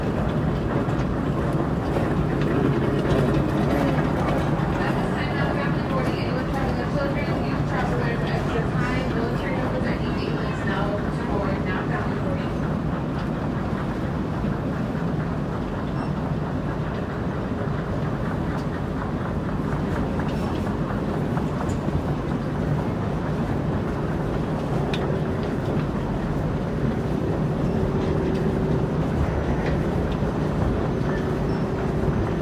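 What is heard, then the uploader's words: Luggage wheels rumble steadily across a terminal floor amid a dense, constant low hum, with faint murmured voices and occasional tones. San Francisco International Airport (SFO). You'll hear the sounds of luggage wheels rolling across the floor, as travelers make their way through the terminal. The buzz of conversations in different languages creates a sense of global connectedness.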